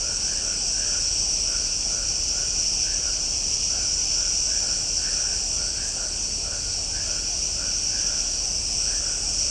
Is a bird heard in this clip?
no